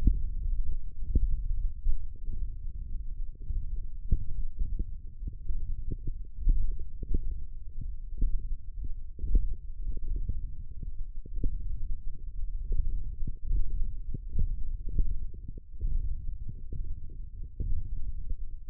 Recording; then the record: forearm muscle sounds (acoustic myography)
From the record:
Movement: index flexion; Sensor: system 1, eight BSWA MPA416 microphones around the upper forearm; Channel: 6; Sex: male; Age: 21 years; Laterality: right